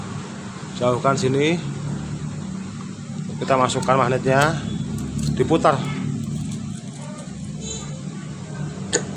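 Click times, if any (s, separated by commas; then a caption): 8.9 s. Someone talks while the metal magnet part of a motorcycle water pump is inserted into the water pump housing and rotated, with a steady low hum underneath. At 9.0 s a short, sharp click is heard as the magnet part seats in its correct position.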